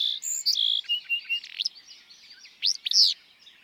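Willow flycatcher song, abrupt raspy burst phrases in the second half, following clear whistled notes from another bird.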